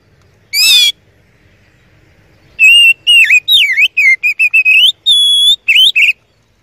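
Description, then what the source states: Oriental magpie-robin song: one harsh burst, a silence, then a lively string of swooping whistles, quick clipped notes and a steady held whistle. First-place champion (juara 1) song, used to tutor other songbirds (masteran).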